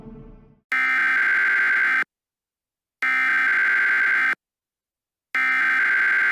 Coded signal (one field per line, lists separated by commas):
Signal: Emergency Alert System (SAME) tones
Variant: header bursts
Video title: EAS Scenario: Ghost Trains Part 3